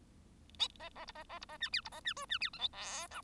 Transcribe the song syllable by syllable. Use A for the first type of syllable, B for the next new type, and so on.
A A B A A B A C D B A C E C D F G H I